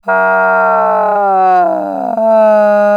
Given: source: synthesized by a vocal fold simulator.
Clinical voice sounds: sustained vowel; female; asymmetry, level 50 of 51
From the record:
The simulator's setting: 5.90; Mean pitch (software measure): 150 Hz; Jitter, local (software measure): 0.64%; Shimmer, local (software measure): 4.7%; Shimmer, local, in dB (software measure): 0.38 dB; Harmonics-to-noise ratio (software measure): 20.9 dB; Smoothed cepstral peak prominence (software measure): 15.1 dB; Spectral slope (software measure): -18.5 dB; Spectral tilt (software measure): -13.1 dB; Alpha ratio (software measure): -9.0 dB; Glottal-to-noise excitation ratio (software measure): 0.832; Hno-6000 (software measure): 2.5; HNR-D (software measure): 26.2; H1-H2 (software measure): -3.0 dB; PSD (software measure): 2.4e-03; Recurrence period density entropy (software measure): 0.127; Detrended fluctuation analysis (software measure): 0.0219

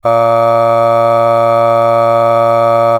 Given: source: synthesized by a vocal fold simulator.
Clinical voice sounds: sustained vowel; male; aspiration noise (breathiness), level 6 of 10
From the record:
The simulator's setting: 1.07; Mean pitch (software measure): 115 Hz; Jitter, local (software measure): 0.41%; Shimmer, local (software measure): 3.6%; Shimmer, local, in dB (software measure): 0.32 dB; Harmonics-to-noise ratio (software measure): 21.9 dB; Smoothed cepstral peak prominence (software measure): 18.2 dB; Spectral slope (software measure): -17.1 dB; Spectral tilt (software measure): -8.9 dB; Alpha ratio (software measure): -7.6 dB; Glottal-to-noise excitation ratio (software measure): 0.978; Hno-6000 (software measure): 2.2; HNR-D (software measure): 24.4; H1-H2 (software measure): 4.9 dB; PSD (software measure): 3.1e-05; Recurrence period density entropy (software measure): 0.108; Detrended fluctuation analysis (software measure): 0.0543

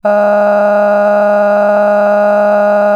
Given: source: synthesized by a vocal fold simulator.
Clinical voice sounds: sustained vowel; female; cycle-to-cycle stiffness perturbation (roughness), level 5 of 10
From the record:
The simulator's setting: 3.18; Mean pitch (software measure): 206 Hz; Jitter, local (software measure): 1.58%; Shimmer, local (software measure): 11.5%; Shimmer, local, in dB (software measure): 1.01 dB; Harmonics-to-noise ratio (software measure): 15.9 dB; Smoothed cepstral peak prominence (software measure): 16.1 dB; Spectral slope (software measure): -21.8 dB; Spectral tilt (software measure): -11.3 dB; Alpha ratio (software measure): -12.3 dB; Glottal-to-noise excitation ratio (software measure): 0.959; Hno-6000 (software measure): 2.3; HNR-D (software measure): 35.1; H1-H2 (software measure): 4.4 dB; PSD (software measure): 6.6e-05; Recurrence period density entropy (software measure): 0.118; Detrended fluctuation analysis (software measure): 0.0281

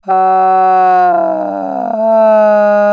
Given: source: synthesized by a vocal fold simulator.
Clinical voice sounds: sustained vowel; female; asymmetry, level 29 of 51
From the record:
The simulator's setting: 3.80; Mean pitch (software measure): 187 Hz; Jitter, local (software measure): 0.78%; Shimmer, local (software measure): 4.0%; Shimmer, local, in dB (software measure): 0.32 dB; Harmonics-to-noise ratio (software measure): 24.6 dB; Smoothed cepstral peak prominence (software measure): 15.5 dB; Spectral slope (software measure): -23.7 dB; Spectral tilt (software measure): -12.5 dB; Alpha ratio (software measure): -14.2 dB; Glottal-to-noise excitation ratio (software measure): 0.934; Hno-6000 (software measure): 2.6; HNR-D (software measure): 31.4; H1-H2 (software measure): -0.7 dB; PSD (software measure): 1.7e-03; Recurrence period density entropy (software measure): 0.117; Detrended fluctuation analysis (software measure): 0.0251

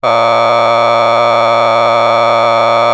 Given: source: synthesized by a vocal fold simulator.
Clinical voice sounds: sustained vowel; male; a random mix of aspiration noise, stiffness perturbation and strain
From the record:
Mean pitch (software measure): 116 Hz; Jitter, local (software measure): 2.78%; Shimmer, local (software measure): 5.3%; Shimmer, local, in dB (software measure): 0.41 dB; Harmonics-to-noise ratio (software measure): 8.3 dB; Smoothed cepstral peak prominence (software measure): 16.0 dB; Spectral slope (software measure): -12.9 dB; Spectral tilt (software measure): -10.1 dB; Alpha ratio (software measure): -3.3 dB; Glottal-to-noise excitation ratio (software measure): 0.988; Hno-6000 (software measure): 1.8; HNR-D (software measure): 20.7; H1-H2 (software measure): 1.1 dB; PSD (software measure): 2.1e-04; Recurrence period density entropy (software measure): 0.126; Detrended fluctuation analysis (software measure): 0.0326

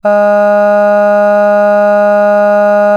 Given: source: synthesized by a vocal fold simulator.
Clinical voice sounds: sustained vowel; female; none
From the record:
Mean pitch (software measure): 206 Hz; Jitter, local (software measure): 0.18%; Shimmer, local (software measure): 1.6%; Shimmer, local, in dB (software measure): 0.14 dB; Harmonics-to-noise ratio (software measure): 31.4 dB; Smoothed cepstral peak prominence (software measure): 18.8 dB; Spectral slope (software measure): -21.9 dB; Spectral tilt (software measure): -8.6 dB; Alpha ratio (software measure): -12.4 dB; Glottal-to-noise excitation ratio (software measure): 0.974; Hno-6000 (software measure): 2.4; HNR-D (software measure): 39.5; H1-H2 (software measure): 9.5 dB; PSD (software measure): 1.7e-05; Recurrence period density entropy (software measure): 0.130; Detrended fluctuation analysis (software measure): 0.0274

